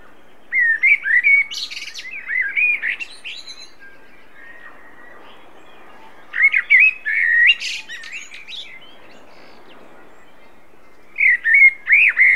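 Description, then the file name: Common blackbird singing three separate fluted, warbling phrases, the first two with high scratchy twitters, with a few seconds of quiet between phrases. "Turdus merula"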